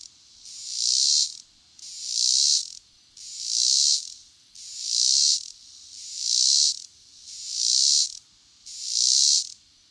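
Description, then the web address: Robinson's cicada song: loud, buzzy, high-pitched bursts, each about a second long, swelling and fading, repeated steadily, seven bursts in all. North America. "Songs of Insects. Robinsons Cicada"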